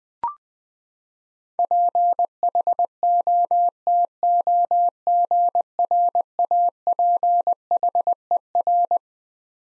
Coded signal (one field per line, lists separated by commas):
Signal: Morse code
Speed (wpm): 21 wpm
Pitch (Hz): 700 Hz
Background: none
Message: PHOTOGRAPHER